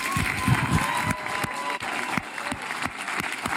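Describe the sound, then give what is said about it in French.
A crowd applauds steadily, a dense wash of clapping hands with a few sharper claps standing out, sustained at fairly even loudness throughout. “Moi je le sens, les salles et tout, vous pouvez pas applaudir parce que vous êtes en train de filmer.”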